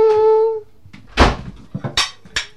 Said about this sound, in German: Ja, und zwar zu dieser Tür und die macht jetzt... Pring!